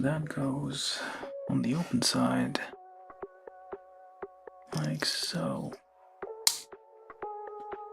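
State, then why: Not seated. A plastic part of a Bandai 1/144 HG gMS-α Red Gundam model kit is fitted onto the open side of its mating assembly while someone talks over steady background music. A few short, sharp plastic handling ticks sound, the loudest near 6.5 s. The clip ends before the part is pressed home, so nothing has seated or clicked into place yet.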